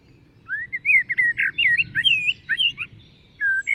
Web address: SETE Turdus merula